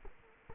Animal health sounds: mosquito wingbeat signal from an infrared sensor; Culex quinquefasciatus

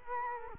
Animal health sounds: mosquito wingbeat signal from an infrared sensor; Culex quinquefasciatus

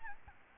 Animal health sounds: mosquito wingbeat signal from an infrared sensor; Aedes albopictus

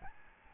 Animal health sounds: mosquito wingbeat signal from an infrared sensor; Aedes albopictus

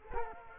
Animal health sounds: mosquito wingbeat signal from an infrared sensor; Culex quinquefasciatus

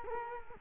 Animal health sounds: mosquito wingbeat signal from an infrared sensor; Culex quinquefasciatus

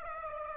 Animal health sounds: mosquito wingbeat signal from an infrared sensor; Aedes aegypti

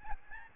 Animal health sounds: mosquito wingbeat signal from an infrared sensor; Aedes albopictus

